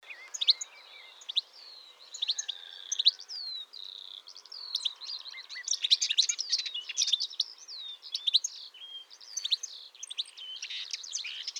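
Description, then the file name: European goldfinch calls and twittering, many quick liquid high chirps and tinkling notes in lively irregular bursts throughout, with some softer background chatter. "Carduelis carduelis"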